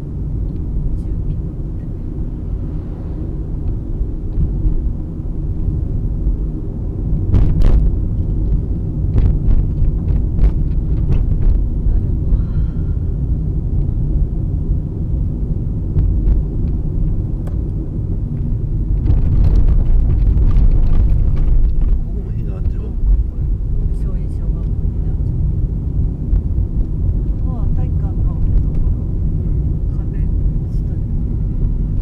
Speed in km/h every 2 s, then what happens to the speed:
32, 32, 33, 35, 30, 29, 31, 31, 33, 24, 22, 22, 28, 30, 29, 28.
0-6 steady at about 32. 6-11 slows to 29. 11-16 steady at about 31. 16-19 brakes to 22. 22-26 speeds up to 30. 26-32 steady at about 29.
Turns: none.